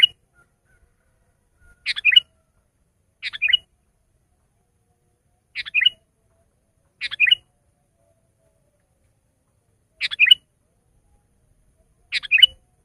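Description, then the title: Sooty-headed bulbul giving short chirpy phrases of two or three bubbly notes, repeated every few seconds against a quiet background. "kutilang"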